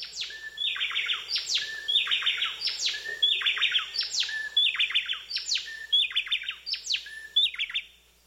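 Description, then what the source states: Bay Wren duet: loud, rhythmic phrases of clear whistles and descending notes trading back and forth, repeated roughly every 1.3 seconds throughout. Male and female songs blended in a complex duet.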